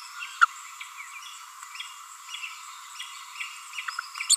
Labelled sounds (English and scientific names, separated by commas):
Green-rumped Parrotlet (Forpus passerinus) babbling